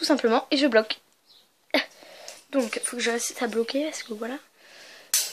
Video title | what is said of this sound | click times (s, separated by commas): Nouveaux achats pendant les soldes, pour les loulous | Voilà, clic, ça fait un petit clic, et vous faites ça à 3 reprises, donc sur les 3 trucs pour tout attacher. | 5.1 s